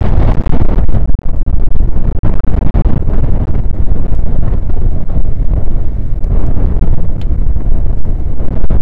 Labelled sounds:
wind
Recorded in the Prudhoe Bay oil fields, Alaska, on 1 August 2019 at 02:03
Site 29

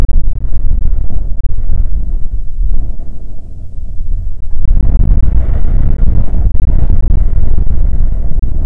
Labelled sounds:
songbird
wind
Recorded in the Prudhoe Bay oil fields, Alaska, on 5 June 2019 at 18:44
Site 16

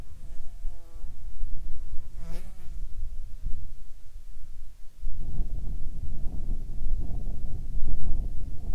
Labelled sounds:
wind
insects
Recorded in the Arctic National Wildlife Refuge, Alaska, on 31 July 2019 at 20:10
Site 48

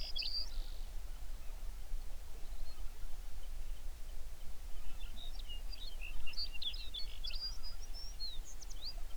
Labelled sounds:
songbird
waterfowl
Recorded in the Prudhoe Bay oil fields, Alaska, on 11 June 2019 at 05:21
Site 21

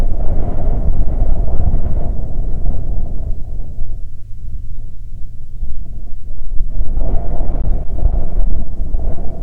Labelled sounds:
songbird
wind
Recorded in the Prudhoe Bay oil fields, Alaska, on 13 July 2019 at 08:19
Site 16

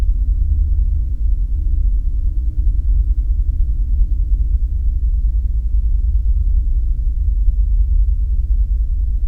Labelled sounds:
machinery
aircraft
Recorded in the Arctic National Wildlife Refuge, Alaska, on 4 September 2019 at 19:53
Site 35

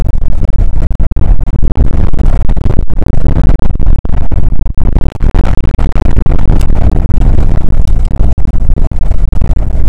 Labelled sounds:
wind
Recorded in the Prudhoe Bay oil fields, Alaska, on 2 August 2019 at 01:32
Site 29

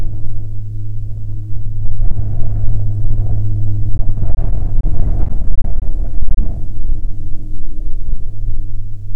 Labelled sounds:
wind
aircraft
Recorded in the Prudhoe Bay oil fields, Alaska, on 29 July 2019 at 17:07
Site 14

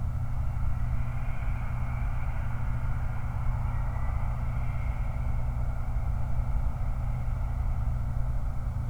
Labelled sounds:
truck
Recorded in the Prudhoe Bay oil fields, Alaska, on 29 July 2019
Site 29

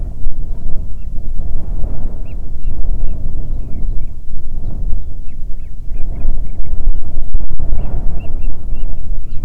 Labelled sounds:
bird
wind
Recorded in the Arctic National Wildlife Refuge, Alaska, on 9 July 2019 at 22:40
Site 48

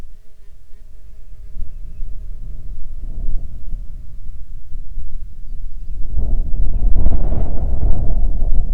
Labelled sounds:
wind
insects
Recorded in Ivvavik National Park, Yukon, on 9 June 2019 at 14:17
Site SINP06

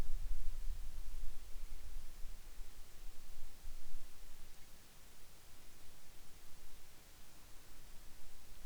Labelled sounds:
near silence
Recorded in the Arctic National Wildlife Refuge, Alaska, on 10 July 2019 at 18:17
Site 44

